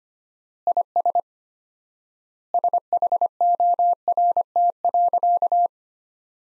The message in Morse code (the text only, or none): IS SHORT.